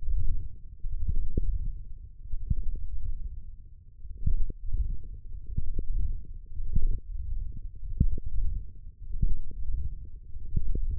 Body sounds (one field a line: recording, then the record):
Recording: forearm muscle sounds (acoustic myography)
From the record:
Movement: wrist flexion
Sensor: system 1, eight BSWA MPA416 microphones around the upper forearm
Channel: 3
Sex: male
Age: 23 years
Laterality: right